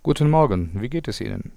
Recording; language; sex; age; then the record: spoken sentence; German; male; 20 to 29 years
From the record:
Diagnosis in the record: singing voice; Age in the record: 27 years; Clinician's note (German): Ausgebildete Gesangsstimme